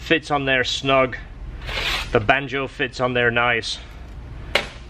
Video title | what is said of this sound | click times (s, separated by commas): ACT/ OEM clutch package ? Now in the store - You asked for it | It locks in place. | 4.6 s